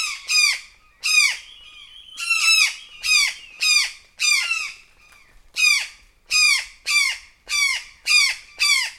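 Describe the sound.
Brown jay harsh alarm calls, loud descending squawks given in irregular bursts of one or two, with a faint whistled tone between some calls.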